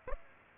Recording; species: mosquito wingbeat signal from an infrared sensor; Aedes aegypti